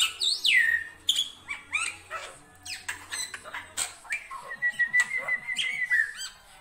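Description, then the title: Black-winged myna song: varied whistles, slurred notes and harsh chatters, with a long steady whistle near the end and a low hum in the first half. Dense, frequently singing bird with many variations, used as a master recording for training songbirds. "Kicauan Rapat Jalak Putih Gacor Banyak Variasi Untuk Masteran"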